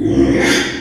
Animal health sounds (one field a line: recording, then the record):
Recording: squeal of a Yucatan mini pig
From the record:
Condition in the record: after surgery on the right vocal fold (resection and tissue-engineered implant)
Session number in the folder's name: 3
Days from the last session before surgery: 33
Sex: male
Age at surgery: 12 weeks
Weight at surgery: 13 kg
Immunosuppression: cyclosporine, prednisolone